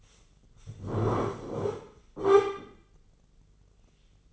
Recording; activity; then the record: daily activity, microphone in the room; sit down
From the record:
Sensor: 4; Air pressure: 996.8 hPa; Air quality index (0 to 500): 240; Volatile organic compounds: 332 ppm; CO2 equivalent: 4550 ppm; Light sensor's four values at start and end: 45/110/45/45 and 45/111/45/45